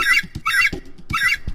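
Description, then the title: Bald eagle calls: three harsh, squealing chattered notes about half a second apart, with dull low knocks and thumps in between. "American Bald Eagles"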